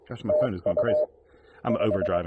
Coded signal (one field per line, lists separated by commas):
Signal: Morse code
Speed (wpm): 22 wpm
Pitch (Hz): 590 Hz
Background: speech, radio noise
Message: TU 5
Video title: Fall Leaf Colors: A flashback to October 2023 and some Elecraft KX1 & MC-750 Lakeside QRP POTA!